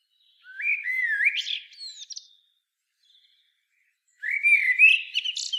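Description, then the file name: Common blackbird song: two mellow, fluting warbled phrases, each ending in higher squeaky twittering notes, separated by a pause of about two seconds; no other sounds. "Turdus merula"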